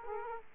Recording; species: mosquito wingbeat signal from an infrared sensor; Aedes aegypti